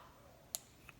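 The plastic dispensing cap on a Monat conditioner bottle is twisted, without removing the lid, until it gives a sharp, bright click at 0.55 s, followed by a fainter tick at 0.9 s. The cap clicks open.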